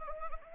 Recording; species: mosquito wingbeat signal from an infrared sensor; Anopheles arabiensis